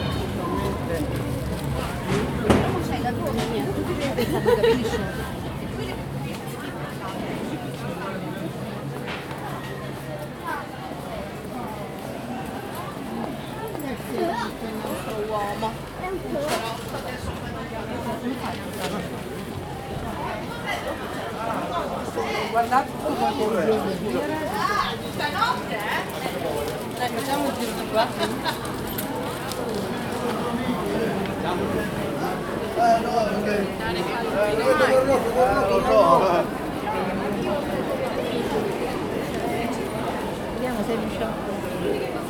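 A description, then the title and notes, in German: A busy market with dense overlapping chatter and voices, steady throughout, with occasional clacks and a low hum underneath. Markt und Eisbahn in Sassuolo. Markt in einer Großstadt, eine Eisbahn.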